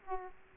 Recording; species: mosquito wingbeat signal from an infrared sensor; Aedes aegypti